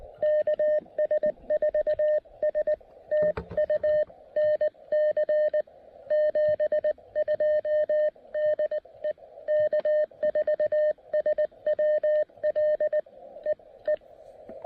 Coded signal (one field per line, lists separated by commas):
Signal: Morse code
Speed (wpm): 18 wpm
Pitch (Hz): 590 Hz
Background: none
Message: KS4S TU NC 72 DE K4SWL EE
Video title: Mountain Topper MTR-3B: Fitting in a quick POTA activation while packing up the campsite!